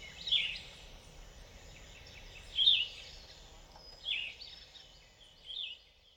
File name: Yellow-throated Vireo - Vireo flavifrons